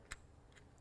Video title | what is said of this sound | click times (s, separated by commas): How to Punch Down and Daisy Chain a 66 Block | and it snaps in place when you turn it. | 0.1 s